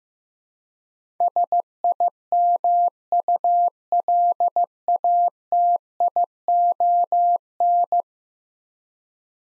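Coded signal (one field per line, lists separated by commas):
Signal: Morse code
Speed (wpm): 15 wpm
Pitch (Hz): 700 Hz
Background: none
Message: SIMULATION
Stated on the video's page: Morse code practice of 10-letter words at 15 wpm for head-copy.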